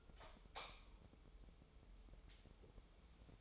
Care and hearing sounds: daily activity, microphone in the room; light on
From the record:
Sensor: 1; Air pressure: 988.4 hPa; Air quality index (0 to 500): 198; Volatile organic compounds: 1000 ppm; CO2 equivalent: 5297 ppm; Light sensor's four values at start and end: 8/22/8/10 and 12/38/14/16

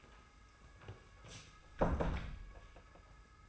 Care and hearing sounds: daily activity, microphone in the room; close door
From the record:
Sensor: 2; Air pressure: 991.5 hPa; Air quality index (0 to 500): 145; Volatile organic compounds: 333 ppm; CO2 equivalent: 4550 ppm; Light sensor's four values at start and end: 31/93/37/34 and 31/93/36/34

